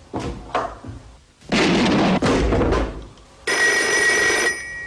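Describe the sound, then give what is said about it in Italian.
A few sharp bangs and a loud burst of noisy clatter give way to a telephone on a table ringing once, a bright, steady metallic trill lasting over a second. No one speaks. “Ecco lo squillo del telefono”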